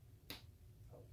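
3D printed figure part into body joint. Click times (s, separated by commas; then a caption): 0.3 s. A 3D printed plastic figure part is pressed into its body joint and snaps in with a single sharp, bright click at 0.3 s. The part is seated. The rest is a quiet low background hum.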